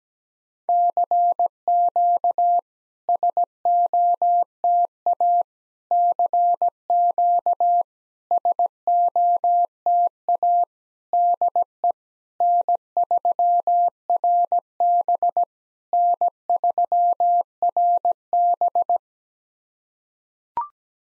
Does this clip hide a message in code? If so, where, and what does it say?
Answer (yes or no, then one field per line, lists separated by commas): yes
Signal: Morse code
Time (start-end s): 0.7-19.0 s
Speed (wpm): 17 wpm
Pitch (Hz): 700 Hz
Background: none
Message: CQ SOTA CQ SOTA DE N3RB N3RB